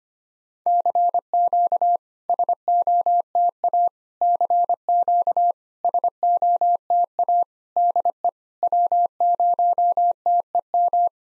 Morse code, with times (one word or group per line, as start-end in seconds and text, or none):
0.7-2.0 CQ
2.3-3.9 SOTA
4.2-5.5 CQ
5.9-7.4 SOTA
7.8-8.3 DE
8.6-11.1 W0TEM